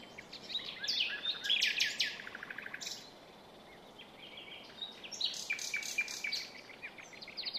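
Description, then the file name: Common nightingale song: dense rattling and chirping phrases, a short lull, then more varied chattering notes and trills. "Luscinia megarhynchos"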